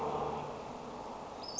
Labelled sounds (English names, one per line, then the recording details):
Western Flycatcher
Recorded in Sonoma County, California